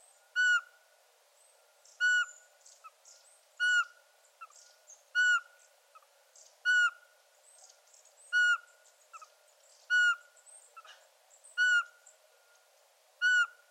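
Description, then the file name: Eurasian pygmy owl repeating short, pure whistled hoots about every one and a half seconds, nine notes, with faint high chirps between them. "Sperlingskauz"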